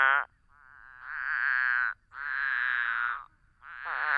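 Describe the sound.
Couch's spadefoot bleating calls, nasal and wavering, each about a second long, with two complete calls and partial calls at both edges separated by short silences.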